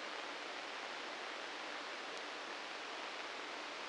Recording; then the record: brain microelectrode recording played as sound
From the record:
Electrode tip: inside the subthalamic nucleus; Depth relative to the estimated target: 1 mm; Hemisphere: right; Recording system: NeuroSet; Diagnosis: Parkinson's disease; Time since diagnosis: 9 years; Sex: male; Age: 61 years